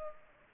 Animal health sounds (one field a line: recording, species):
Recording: mosquito wingbeat signal from an infrared sensor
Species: Culex pipiens